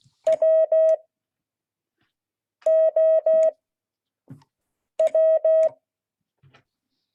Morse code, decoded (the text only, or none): WOW